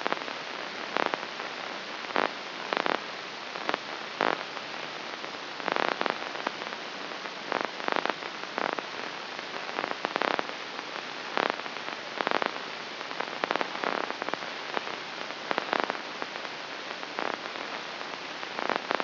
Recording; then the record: brain microelectrode recording played as sound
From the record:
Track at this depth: inside the subthalamic nucleus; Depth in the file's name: 2.135 mm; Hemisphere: left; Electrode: 3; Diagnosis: Parkinson's disease